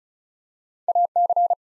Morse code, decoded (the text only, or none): AC